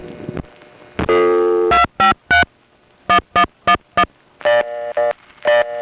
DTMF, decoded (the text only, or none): 253 1111